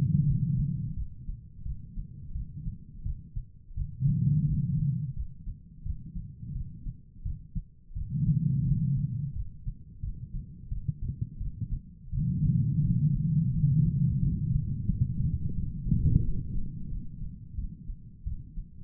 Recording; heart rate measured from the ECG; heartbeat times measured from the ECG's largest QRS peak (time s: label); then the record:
heart sounds by stethoscope; 87 bpm
0.25 s: heartbeat
0.95 s: heartbeat
1.64 s: heartbeat
2.33 s: heartbeat
3.04 s: heartbeat
3.75 s: heartbeat
4.46 s: heartbeat
5.14 s: heartbeat
5.84 s: heartbeat
6.53 s: heartbeat
7.24 s: heartbeat
7.94 s: heartbeat
8.64 s: heartbeat
9.34 s: heartbeat
10.01 s: heartbeat
10.69 s: heartbeat
11.39 s: heartbeat
12.11 s: heartbeat
12.82 s: heartbeat
13.52 s: heartbeat
14.19 s: heartbeat
14.86 s: heartbeat
15.54 s: heartbeat
16.22 s: heartbeat
16.89 s: heartbeat
17.56 s: heartbeat
18.25 s: heartbeat
From the record:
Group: healthy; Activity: rest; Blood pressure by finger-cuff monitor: 111/74 mmHg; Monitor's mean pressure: 91 mmHg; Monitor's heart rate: 87 bpm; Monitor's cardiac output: 5.5 L/min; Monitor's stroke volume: 64 mL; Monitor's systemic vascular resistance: 1220 dyn s/cm5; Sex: female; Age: 51 years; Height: 162 cm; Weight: 70.04 kg